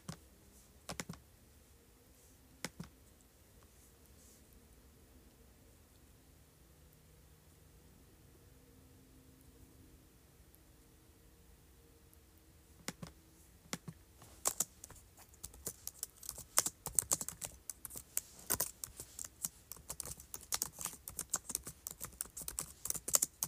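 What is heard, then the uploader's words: Keyboard clicks come sparsely at first, with a few isolated taps, then after about thirteen seconds turn into dense, rapid typing to the end. Clicking, Scrolling, and Typing on Keyboard.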